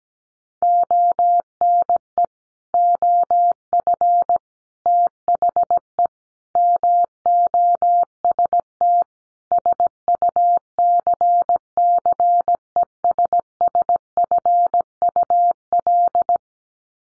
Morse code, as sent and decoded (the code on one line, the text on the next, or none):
--- -. . / --- ..-. / - .... . / -- --- ... - / ... ..- -.-. -.-. . ... ... ..-. ..- .-..
ONE OF THE MOST SUCCESSFUL